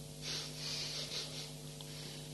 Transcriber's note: laughter